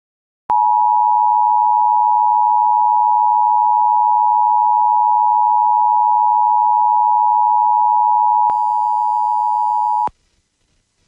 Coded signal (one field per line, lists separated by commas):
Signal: Emergency Alert System (SAME) tones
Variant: 853 and 960 Hz attention tone